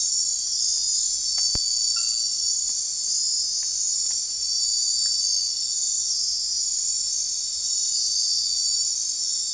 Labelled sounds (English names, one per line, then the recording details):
none
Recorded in secondary vegetation near Puerto Asís, Putumayo, Colombia, on 4 March 2025 at 02:30
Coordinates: 0.499, -76.323
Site G094